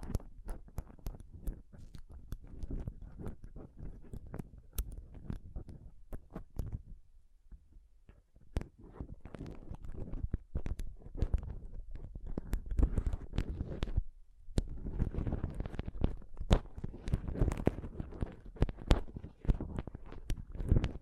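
Scratching and touching on a microphone, a dense run of rough, crackly rubbing with sharp clicks and taps scattered throughout. The low rumble stays heavy, with a short near-silent lull around seven to eight seconds and another brief gap near fourteen seconds.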